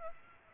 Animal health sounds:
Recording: mosquito wingbeat signal from an infrared sensor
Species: Aedes aegypti

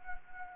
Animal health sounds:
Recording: mosquito wingbeat signal from an infrared sensor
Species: Anopheles gambiae

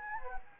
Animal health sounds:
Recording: mosquito wingbeat signal from an infrared sensor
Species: Anopheles gambiae

